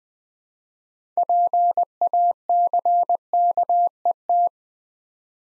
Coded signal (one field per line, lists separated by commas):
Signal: Morse code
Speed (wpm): 20 wpm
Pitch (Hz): 700 Hz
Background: none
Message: PACKET